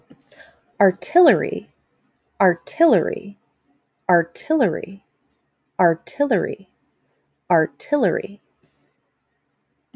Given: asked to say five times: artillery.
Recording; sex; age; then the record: repeated word; female; 30 to 39 years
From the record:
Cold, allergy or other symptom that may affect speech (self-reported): no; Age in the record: 36 years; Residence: Louisiana, United States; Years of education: 16